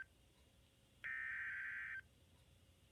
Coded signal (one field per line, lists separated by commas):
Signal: Emergency Alert System (SAME) tones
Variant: header bursts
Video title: Severe Thunderstorm Warning-(EAS #132)